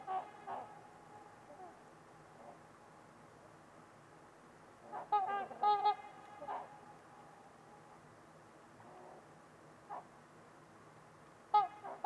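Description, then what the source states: Trumpeter swan calls: bursts of brassy, nasal honks, several close together midway, with scattered single honks before and after against a quiet hissing background. Trumpeter swans at Winters Lake on a winter evening, in a deep, quiet valley.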